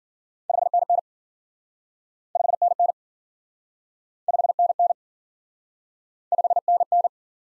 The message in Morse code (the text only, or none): 5NN 5NN 5NN 5NN